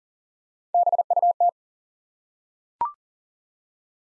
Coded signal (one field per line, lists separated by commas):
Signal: Morse code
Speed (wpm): 40 wpm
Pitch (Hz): 700 Hz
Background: none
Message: BUT